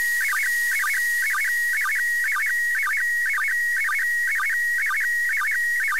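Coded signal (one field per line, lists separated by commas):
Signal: SSTV (slow-scan television)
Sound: steady high whistle broken by quick warbling blips about twice a second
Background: radio static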